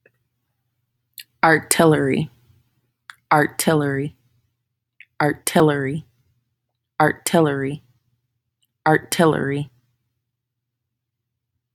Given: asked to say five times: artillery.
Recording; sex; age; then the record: repeated word; female; 30 to 39 years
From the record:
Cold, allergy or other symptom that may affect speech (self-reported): no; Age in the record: 34 years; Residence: Nevada, United States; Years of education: 18